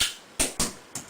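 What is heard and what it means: Sharp clicks at 0.0 and 0.4 s are handling noise. A crisp snap at 0.6 s is the spring catch letting go, and a shorter clack at 1.0 s is the ejected piece landing.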